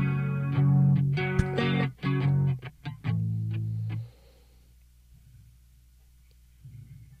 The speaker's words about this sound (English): I ate something and I got some reverb going on in here. I had some chili and got some reverb happening. Got some distortion.